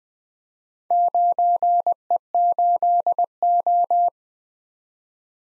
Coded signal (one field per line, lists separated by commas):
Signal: Morse code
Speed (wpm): 21 wpm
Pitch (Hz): 700 Hz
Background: none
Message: 9E8O